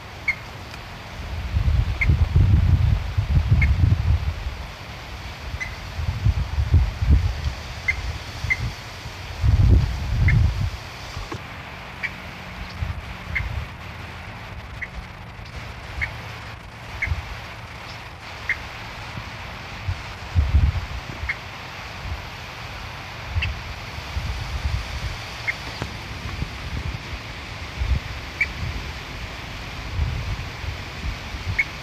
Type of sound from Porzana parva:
call